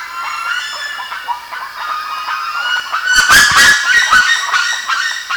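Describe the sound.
Bird calls, rapid harsh notes, with a loud rustling or handling burst in the middle.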